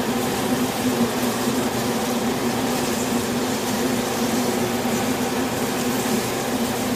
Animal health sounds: honeybee colony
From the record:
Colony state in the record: swarm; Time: day

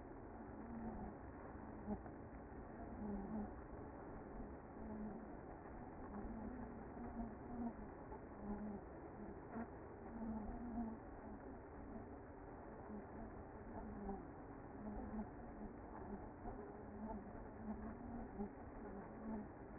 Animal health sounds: honeybee colony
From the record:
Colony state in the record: active

